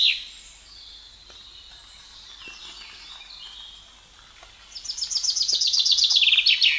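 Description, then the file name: Common chaffinch: the end of one song, a quiet pause of several seconds with faint other bird sounds, then a new song of rapid repeated notes dropping in pitch, cut off at the end. "Fringilla coelebs"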